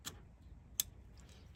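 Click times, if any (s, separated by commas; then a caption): 0.8 s. A plastic tail light wiring harness plug for a Ford F150 American Modified smoked LED tail light (with turn signal, brake, reverse and DRL) is pushed into the truck's mating wiring socket. After a few faint ticks, one sharp, loud click at 0.8 s is the latch engaging, confirming the connector is fully seated.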